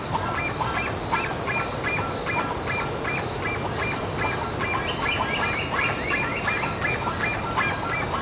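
Bird calls: a rapid series of short honking notes over steady noise.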